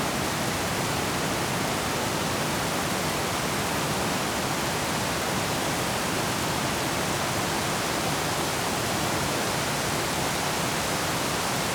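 Heavy rain pours in a dense, unbroken hiss that stays at the same level for the whole stretch. The wash is full, running from a soft low rumble up to a bright sizzle, with no separate drips, thunder or other sounds standing out.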